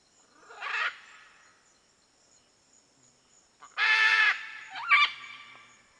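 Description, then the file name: Red-and-green macaw calls: three harsh, raspy squawks, one alone then two close together after a pause, broad and grating, in otherwise quiet surroundings. "Canto da Arara vermelha"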